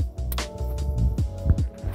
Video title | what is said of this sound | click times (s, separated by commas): 2001 - 2010 Saturn Vue glovebox removal and latch replacement, EASY | Boom, it'll pop in place, you'll hear it snap, it goes up under the lip, everything's in place. | 0.3 s